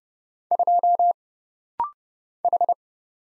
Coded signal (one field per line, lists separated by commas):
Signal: Morse code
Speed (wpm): 29 wpm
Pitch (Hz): 700 Hz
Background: none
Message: 2 H